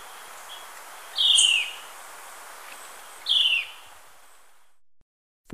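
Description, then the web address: Spotted woodcreeper calls: two loud, slurred descending notes about two seconds apart. Recorded in Ecuador. "Natures Songs S America Birds of Ecuador Spotted Woodcreeper"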